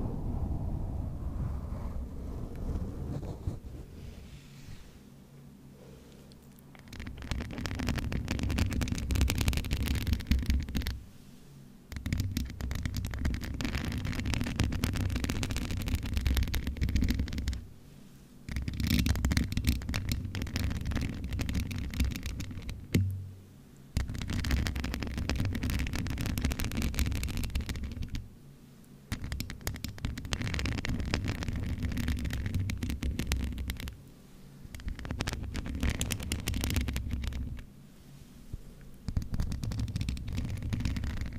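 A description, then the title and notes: Scratching and rubbing on a microphone, with and without a cover, and no talking. Loud, dense bursts of rough scraping fill roughly five-second stretches, separated by brief quieter gaps near 5, 11, 18, 23, 28 and 37 seconds, with deep rumbling underneath throughout. ASMR Mic Scratching no Talking, MIT/OHNE Cover.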